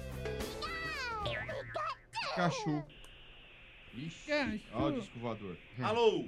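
A series of drawn-out, pitch-sliding meows, some rising and others falling, recurs over several seconds, with a steady high electronic tone humming underneath during the later part.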